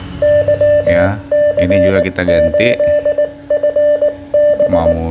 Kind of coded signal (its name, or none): Morse code